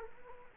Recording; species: mosquito wingbeat signal from an infrared sensor; Culex quinquefasciatus